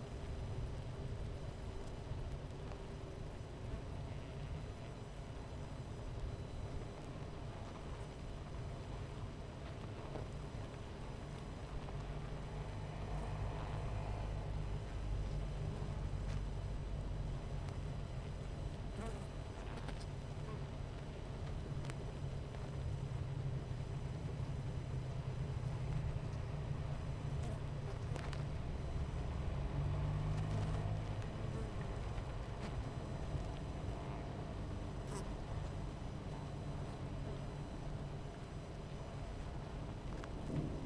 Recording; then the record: honeybee colony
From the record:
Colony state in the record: missing queen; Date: 14 July 2017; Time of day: 11:02